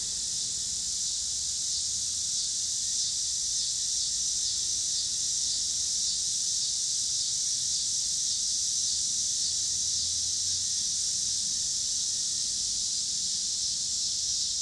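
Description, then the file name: Cicadas in a dense, continuous, high-pitched hiss, with only slight wavering, and a soft low rumble beneath. Recorded in Pittsburgh, Pennsylvania, on 26 August 2023, together with passing cars. "2023-08-26 cicadas and cars Pittsburgh PA"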